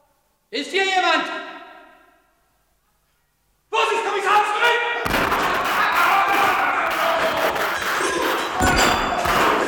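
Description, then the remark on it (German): A voice calls out, a brief silence follows after a countdown, then the door of a house where police are waiting is flung open with a thump, releasing a sudden, sustained wash of loud, dense noise and overlapping voices. “Tür öffnen!”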